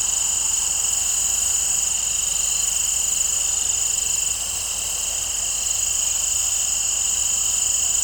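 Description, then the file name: Crickets trilling together in a continuous, even, shrill drone that holds steady throughout. In an open field. "Crickets and Birds In an Open Field"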